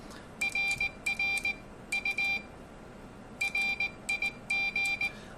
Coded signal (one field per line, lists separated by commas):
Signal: Morse code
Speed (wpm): 18 wpm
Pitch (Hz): 2400 Hz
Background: none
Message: RRU RIG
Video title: Beginner CW QSO Guide | Sample Scripts | Morse QSO Helper | Ham Radio